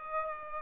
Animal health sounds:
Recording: mosquito wingbeat signal from an infrared sensor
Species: Aedes aegypti

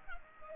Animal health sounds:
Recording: mosquito wingbeat signal from an infrared sensor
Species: Culex pipiens

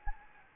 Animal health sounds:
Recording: mosquito wingbeat signal from an infrared sensor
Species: Anopheles gambiae

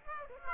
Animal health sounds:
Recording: mosquito wingbeat signal from an infrared sensor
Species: Aedes aegypti

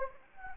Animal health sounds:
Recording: mosquito wingbeat signal from an infrared sensor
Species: Anopheles gambiae

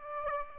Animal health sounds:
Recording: mosquito wingbeat signal from an infrared sensor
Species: Aedes aegypti

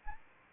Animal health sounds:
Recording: mosquito wingbeat signal from an infrared sensor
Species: Anopheles arabiensis

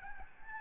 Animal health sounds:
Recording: mosquito wingbeat signal from an infrared sensor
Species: Aedes albopictus

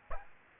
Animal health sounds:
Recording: mosquito wingbeat signal from an infrared sensor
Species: Aedes aegypti

